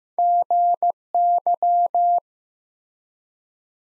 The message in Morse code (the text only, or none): GY